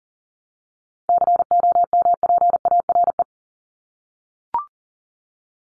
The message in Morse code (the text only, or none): COMPARE